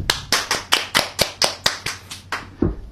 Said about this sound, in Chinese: 多谢，多谢大家，多谢大家。 俾啲掌声自己好唔好？